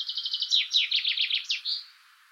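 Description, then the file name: Common chaffinch singing a quick run of repeated sweet notes that drop in pitch and end in a short terminal flourish. "Fringilla coelebs"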